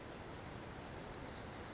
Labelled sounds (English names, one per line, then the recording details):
Orange-crowned Warbler
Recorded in Sonoma County, California